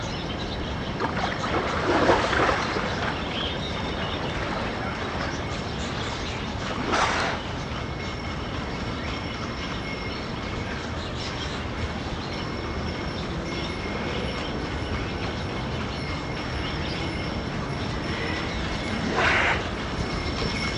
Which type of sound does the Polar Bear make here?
snorting